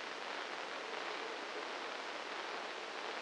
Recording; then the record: brain microelectrode recording played as sound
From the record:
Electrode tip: inside the subthalamic nucleus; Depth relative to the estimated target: 1 mm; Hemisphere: left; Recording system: NeuroSet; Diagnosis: Parkinson's disease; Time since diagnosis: 9 years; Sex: male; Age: 56 years